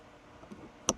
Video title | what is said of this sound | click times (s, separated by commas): Meso Customs 4G Tacoma Ultimate Dome light installation | plugging it back in until you hear it click. | 0.9 s